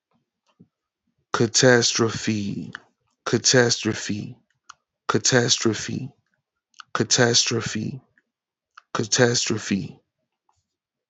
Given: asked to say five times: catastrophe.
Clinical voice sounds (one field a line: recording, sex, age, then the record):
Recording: repeated word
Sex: male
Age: 30 to 39 years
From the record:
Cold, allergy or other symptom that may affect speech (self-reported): yes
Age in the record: 30 years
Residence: Virginia, United States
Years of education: 15